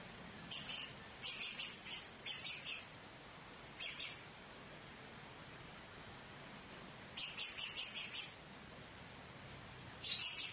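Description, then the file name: Blue-crowned hanging parrot calling: repeated shrill, squeaky chattering phrases in groups, separated by short pauses, over a steady high whine. "serindit"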